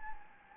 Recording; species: mosquito wingbeat signal from an infrared sensor; Anopheles gambiae